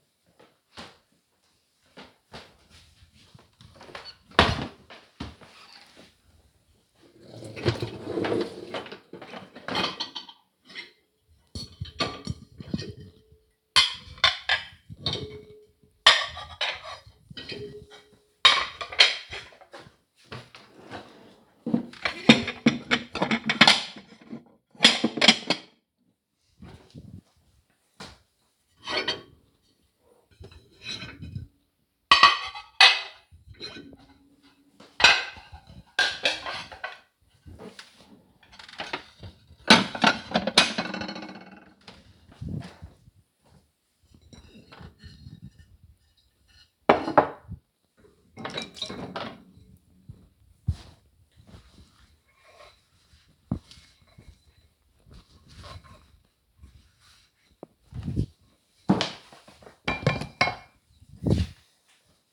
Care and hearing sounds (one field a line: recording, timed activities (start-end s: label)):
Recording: household activities, microphone on the right wrist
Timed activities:
3.47-62.32 s: cleaning out the dishwasher